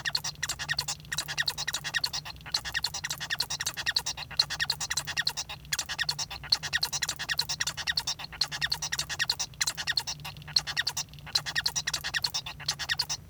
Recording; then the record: song of a male Bengalese finch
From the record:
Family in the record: son of father 1